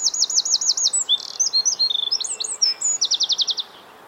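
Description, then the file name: Eurasian wren mid-song: a fast high trill, a run of sharp varied chirps, then a closing rapid trill before quiet. "Troglodytes troglodytes"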